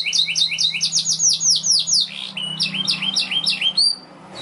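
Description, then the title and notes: Canary singing rapid runs of bright, slurred notes in quick rhythmic trills, changing phrase midway, over a low steady hum. Young canary; recording used as a long-duration lure and tutor song for training canaries. "Pancingan Kenari Muda Durasi Panjang. masteran kenari"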